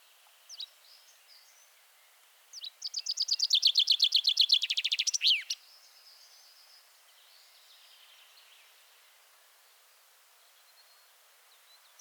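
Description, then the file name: Common chaffinch singing one rapid phrase of repeated chirps ending in a flourish, with a few faint scattered calls before and after in quiet surroundings. "Fringilla coelebs"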